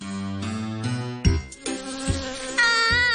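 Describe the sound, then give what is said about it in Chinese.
A bee that has flown into a home buzzes indoors in steady droning bursts, its pitch shifting up and down as it flies, with a brief knock partway through and a brighter, higher whine at the end. “有只蜜蜂飞咗入屋啊！”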